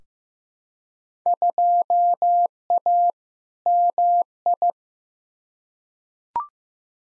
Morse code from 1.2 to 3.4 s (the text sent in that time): 2A